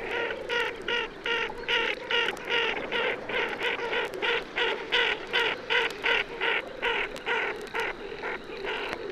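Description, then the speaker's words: Ferruginous ducks calling in flight: a fast, regular series of hoarse grating notes, roughly two and a half per second, continuing without pause. Calls of flying ferruginous ducks, played for comparison with the tufted duck. "Hören wir nun zum Vergleich die Rufe fliegender Moorenten."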